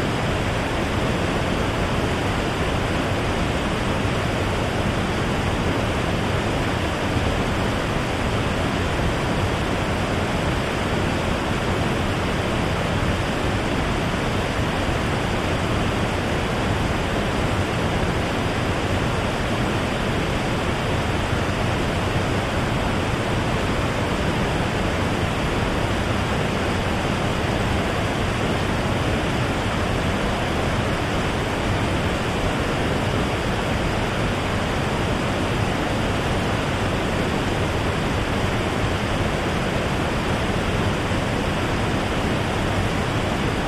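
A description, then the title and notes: A waterfall pours in a steady, dense, unbroken rush, full and even from deep rumble to bright hiss, with no change throughout. Peaceful Waterfall Sound White Noise.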